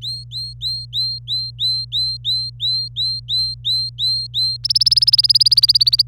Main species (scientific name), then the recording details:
Serinus canaria. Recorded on 26 April 2018 at 07:00. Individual llb3